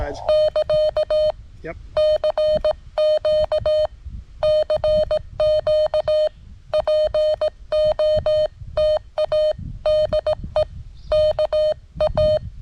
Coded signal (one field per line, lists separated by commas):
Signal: Morse code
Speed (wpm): 17 wpm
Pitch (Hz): 610 Hz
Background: speech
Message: <KA> CQ CQ POTA DE KA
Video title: When things go wrong.....CW POTA at K-5072